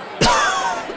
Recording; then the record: coughing mixed with background sound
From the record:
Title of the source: Coughing 51